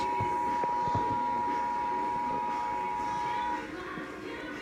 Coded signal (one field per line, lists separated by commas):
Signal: Emergency Alert System (SAME) tones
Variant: 853 and 960 Hz attention tone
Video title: Required Monthly Test EAS #71